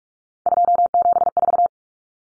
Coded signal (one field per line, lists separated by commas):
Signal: Morse code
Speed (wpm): 44 wpm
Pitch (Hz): 700 Hz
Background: none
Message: 274